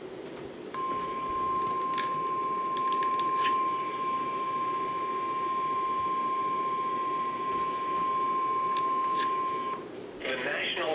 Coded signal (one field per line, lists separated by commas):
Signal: Emergency Alert System (SAME) tones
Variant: 1050 Hz attention tone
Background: speech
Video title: NOAA Weather Radio Station WXK27 | Severe Thunderstorm Warning 04/03/18